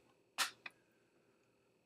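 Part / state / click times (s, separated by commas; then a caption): folding framing viewfinder on a camera body / seated / 0.7 s. A folding framing viewfinder on top of a camera body is raised for horizontal framing and pushed until it locks. A louder broadband rush is heard at about 0.4 s, then one sharp click at 0.7 s, and the viewfinder frame is locked in place.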